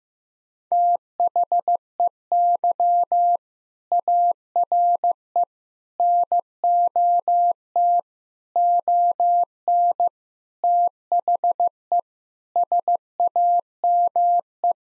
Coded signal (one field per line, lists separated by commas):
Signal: Morse code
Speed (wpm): 15 wpm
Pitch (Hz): 700 Hz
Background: none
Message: THEY ARE NOT ON THE SAME